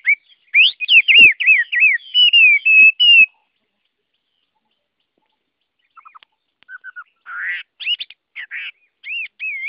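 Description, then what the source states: Chinese hwamei song: rapid run of looping whistled notes, a silent gap of a few seconds, then softer short notes and whistles. Chinese hwamei singing in the wild forest-voice song style (giọng rừng).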